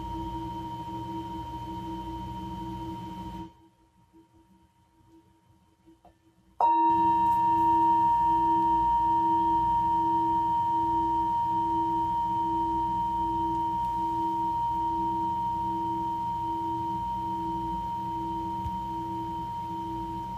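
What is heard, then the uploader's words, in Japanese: A Tibetan singing bowl hums with a steady, pure ringing tone and a softer low drone beneath it. After a brief near-silent gap around four to six seconds, the bowl is struck again at about seven seconds, ringing bright and loud before slowly fading. メキシコから シンギングボウルのサウンドヒーリング。新月の真夜中のメキシコより。チベタンシンギングボウル。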